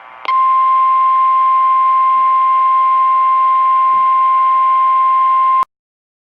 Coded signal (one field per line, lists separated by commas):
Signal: Emergency Alert System (SAME) tones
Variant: 1050 Hz attention tone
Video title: The goods and bads of EAS Scenarios